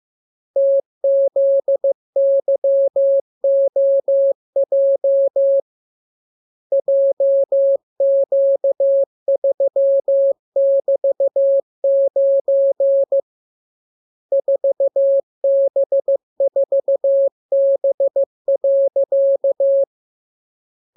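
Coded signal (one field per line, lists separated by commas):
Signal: Morse code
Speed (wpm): 15 wpm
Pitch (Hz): 550 Hz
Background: none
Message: TZYOJ JQ3<BT>9 4B4B.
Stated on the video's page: Morse lesson 34 of 42: radiogram practice opening with VVV and section sign, closing with AR, covering letters, numbers, punctuation and Q-codes.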